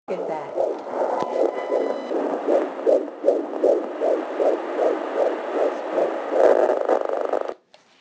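Rapid, regular whooshing pulses at about 150 beats a minute, each beat a galloping swish over a steady hum of Doppler noise. A baby's heartbeat in the womb heard by ultrasound Doppler, with a rate within the normal fetal range.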